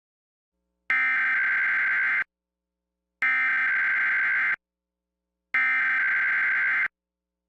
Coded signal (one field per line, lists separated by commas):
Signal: Emergency Alert System (SAME) tones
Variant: header bursts